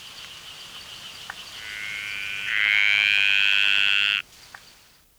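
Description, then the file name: Dainty green tree frog calling, a single drawn-out buzzy, high-pitched trill that swells louder and lasts about two and a half seconds before stopping abruptly. "Litoria gracilenta"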